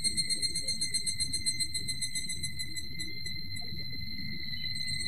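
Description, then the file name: Evening cicada giving a series of fast, evenly spaced high pulses that weaken and die out after a few seconds, leaving a steady whine and low rumble. "higurashi"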